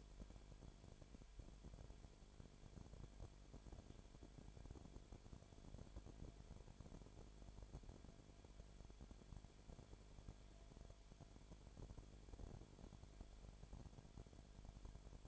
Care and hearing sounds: daily activity, microphone in the room; no activity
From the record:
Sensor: 5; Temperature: 19.9 degrees Celsius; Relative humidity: 35.5%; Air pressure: 1003.4 hPa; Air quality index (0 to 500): 58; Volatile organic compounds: 1 ppm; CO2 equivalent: 639 ppm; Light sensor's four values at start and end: 2/3/1/1 and 2/3/1/1

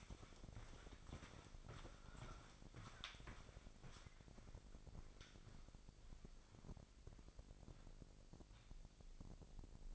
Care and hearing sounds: daily activity, microphone in the room; walk to room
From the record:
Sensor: 5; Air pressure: 999.5 hPa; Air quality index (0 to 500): 217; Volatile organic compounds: 19 ppm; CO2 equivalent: 2652 ppm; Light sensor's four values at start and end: 29/62/27/28 and 35/81/32/31

